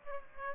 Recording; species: mosquito wingbeat signal from an infrared sensor; Aedes aegypti